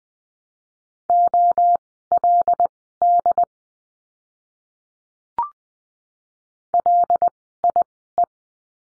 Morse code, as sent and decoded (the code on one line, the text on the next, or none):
--- .-.. -.. / .-.. .. .
OLD LIE